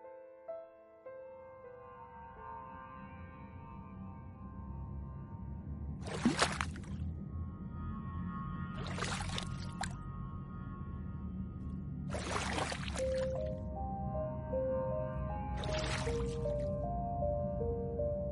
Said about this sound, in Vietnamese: Làn gió đêm xô nhẹ từ ngọn sóng lăn tăn như đang nhảy nhót cùng những tán cây bên mép nước.